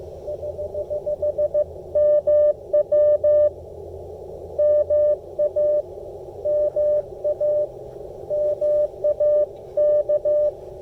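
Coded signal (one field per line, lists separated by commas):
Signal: Morse code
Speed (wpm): 17 wpm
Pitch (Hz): 590 Hz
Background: none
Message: <HH> MW MA MA MAK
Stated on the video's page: CW Parks On The Air activation with an Icom IC-705 and MFJ-1984LP end-fed antenna.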